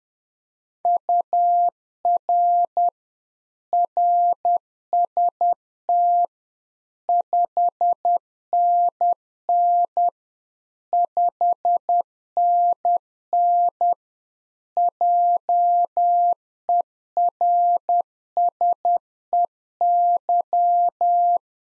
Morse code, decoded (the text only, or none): UR RST 5NN 5NN JERSEY